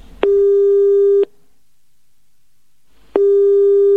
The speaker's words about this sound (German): Man spricht bei einem Handy den Namen des gewünschten Gesprächspartners ins Mikrofon, das Mobiltelefon spielt den vorher eingesprochenen Namen zur Kontrolle noch einmal ab und wählt anschließend die Telefonnummer.